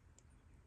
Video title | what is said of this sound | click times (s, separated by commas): The ever popular Casio Tiffany Dial MTP-1302 review | There's one click, | 0.2 s